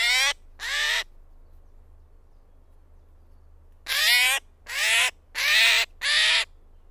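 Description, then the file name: Eurasian jay screeches, two harsh rasping calls, a long silence, then four more in a quick series over a low hum. "Garrulus glandarius"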